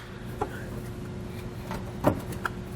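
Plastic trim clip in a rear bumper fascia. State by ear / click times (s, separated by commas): released / 0.4 s, 2.1 s, 2.5 s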